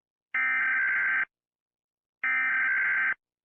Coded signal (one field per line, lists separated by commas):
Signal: Emergency Alert System (SAME) tones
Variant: header bursts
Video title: EAS scenario - the creature